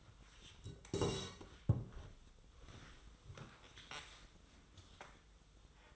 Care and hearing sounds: daily activity, microphone in the room; sit down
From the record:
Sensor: 3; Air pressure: 1005.4 hPa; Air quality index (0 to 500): 97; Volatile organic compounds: 3 ppm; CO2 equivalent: 1512 ppm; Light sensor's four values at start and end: 8/19/8/8 and 10/22/9/9

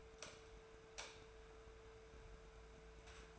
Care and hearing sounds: daily activity, microphone in the room; light off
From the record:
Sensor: 2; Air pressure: 1014.4 hPa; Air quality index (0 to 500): 171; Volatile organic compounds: 11 ppm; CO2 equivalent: 2266 ppm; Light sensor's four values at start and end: 16/43/18/18 and 12/29/12/13

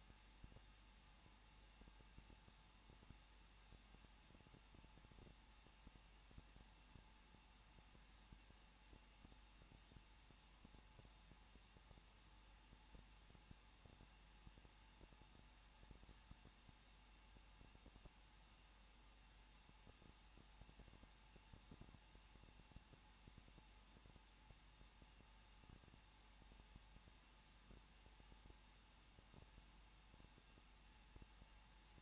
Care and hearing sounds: daily activity, microphone in the room; no activity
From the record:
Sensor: 1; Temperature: 20.1 degrees Celsius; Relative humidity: 39.1%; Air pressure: 1006.5 hPa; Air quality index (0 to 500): 216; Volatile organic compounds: 73 ppm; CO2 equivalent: 3542 ppm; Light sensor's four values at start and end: 1/2/1/1 and 1/2/1/1

